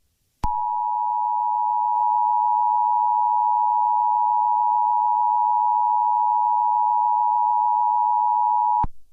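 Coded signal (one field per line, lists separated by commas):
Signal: Emergency Alert System (SAME) tones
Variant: 853 and 960 Hz attention tone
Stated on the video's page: Simulated, viewer-requested fictional EAS scenario.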